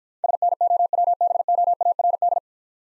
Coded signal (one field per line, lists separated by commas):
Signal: Morse code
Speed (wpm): 50 wpm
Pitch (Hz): 700 Hz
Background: none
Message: SNOWBOARD